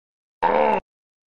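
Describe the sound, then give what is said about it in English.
A person vocally imitates a noise from a 1994 Mercury Cougar car with one short, steady, buzzy groan lasting under half a second. It is rich in harmonics and fairly loud, then silence. “I didn't realize that a noise could come out of a Mercury Cougar from 1994 that sounds like this.”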